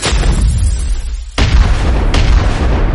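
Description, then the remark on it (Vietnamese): A deep, continuous rumble of the ground shaking and breaking open from below, with two sharp explosive booms, the first around the middle and a second shortly after, each bursting across the full range over a heavy low roar. “Đất ầm ầm rung chuyển, rúng động bên dưới đất sau, dốt cũng phá ra ngoài.”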